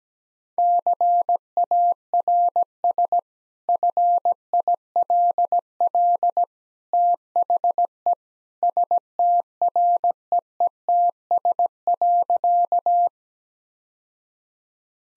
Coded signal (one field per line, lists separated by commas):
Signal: Morse code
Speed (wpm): 17 wpm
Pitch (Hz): 700 Hz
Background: none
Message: CARS FILL THE STREETS.